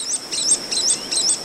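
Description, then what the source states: White-collared Swift calls: three bursts of shrill, high chittering notes, with a steady high tone in the background. Flock of White-collared Swifts, huge swifts the size of small falcons, flying at sunset toward a waterfall and cave in southern Mexico at up to 160 km/h, wings whirring.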